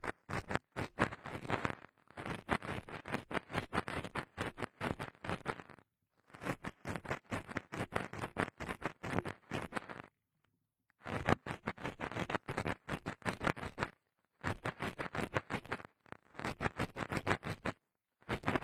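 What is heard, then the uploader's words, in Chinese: Sharp, rapid needle-like pricks and taps come in dense bursts of many clicks per second. Each run lasts a few seconds and stops in brief silences, near 2, 6, 10, 14 and 16 seconds. 针扎耳朵。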